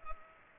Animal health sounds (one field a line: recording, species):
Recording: mosquito wingbeat signal from an infrared sensor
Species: Culex pipiens